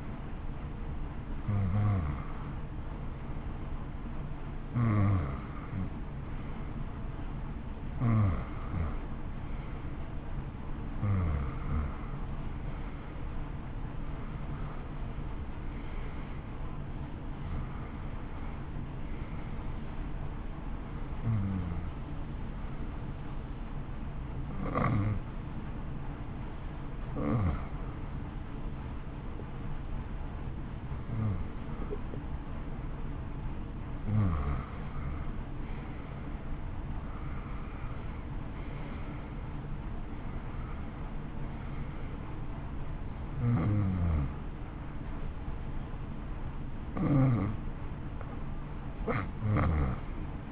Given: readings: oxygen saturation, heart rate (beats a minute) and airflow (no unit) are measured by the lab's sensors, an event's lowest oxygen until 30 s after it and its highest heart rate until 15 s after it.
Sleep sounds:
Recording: breathing in sleep by a smartphone at the bedside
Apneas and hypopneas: 1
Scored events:
19.00-34.80 s: hypopnea (N1, oxygen 91% highest, then 87% lowest, heart rate 63 at the start, 64 highest)
31.00-50.52 s: new sleep stage, N2 (light sleep)
From the record:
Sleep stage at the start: N1 (lightest sleep)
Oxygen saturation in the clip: 87 to 91%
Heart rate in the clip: 58 to 64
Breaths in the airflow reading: 16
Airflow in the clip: -8.3 to 8.1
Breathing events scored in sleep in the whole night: 328 in 6.3 hours asleep

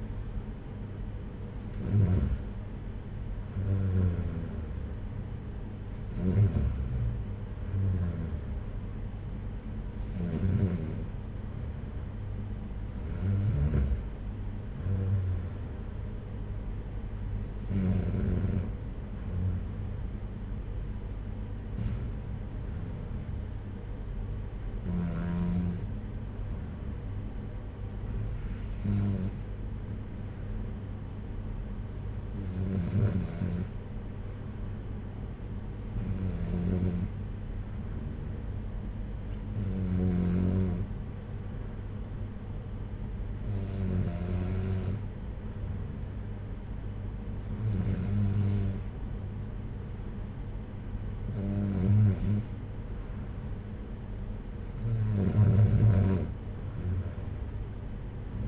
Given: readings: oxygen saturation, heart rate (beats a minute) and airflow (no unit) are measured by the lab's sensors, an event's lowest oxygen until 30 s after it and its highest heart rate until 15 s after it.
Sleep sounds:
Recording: breathing in sleep by a smartphone at the bedside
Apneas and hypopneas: none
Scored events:
none scored
From the record:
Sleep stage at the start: N3 (deep sleep)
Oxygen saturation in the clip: 93 to 95%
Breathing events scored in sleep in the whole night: 226 in 8.8 hours asleep

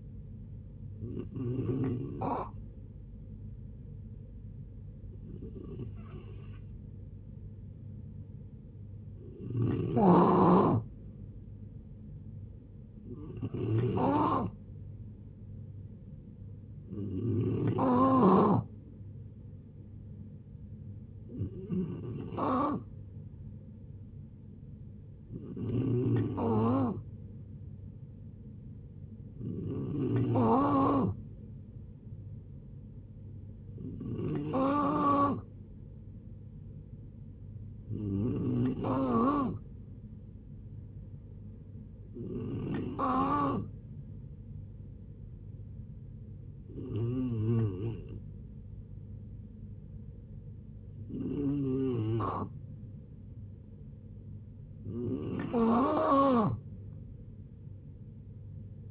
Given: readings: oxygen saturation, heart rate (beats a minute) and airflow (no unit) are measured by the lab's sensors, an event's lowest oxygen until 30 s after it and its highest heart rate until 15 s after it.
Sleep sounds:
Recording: a person awake in a sleep study, by a smartphone at the bedside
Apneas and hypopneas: none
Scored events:
0.00-58.91 s: awake
0.00-58.91 s: awake
From the record:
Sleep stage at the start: awake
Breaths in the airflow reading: 19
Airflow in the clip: -0.6 to 0.7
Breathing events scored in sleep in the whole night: 496 in 5.4 hours asleep

